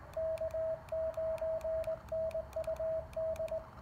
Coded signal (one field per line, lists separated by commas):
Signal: Morse code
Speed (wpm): 19 wpm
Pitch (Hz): 640 Hz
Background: radio noise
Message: K9NUD